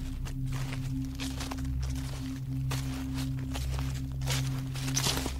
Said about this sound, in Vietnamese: Thằng Mõ bắt đầu lần mò đi vào trong vườn chuối. Bước chân của nó dẫm lên những tàu lá chuối khô rụng xuống sột soạt.